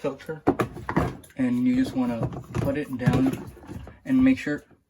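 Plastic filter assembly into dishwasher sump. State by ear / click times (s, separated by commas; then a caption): not seated / none. A plastic filter assembly is being handled and fitted into the sump in the tub floor of a GE Profile dishwasher during a not-draining fix, while someone talks throughout. A few brief handling knocks are heard near 0.9 to 1.2 seconds. Nothing has seated or clicked yet; the filter is not yet home.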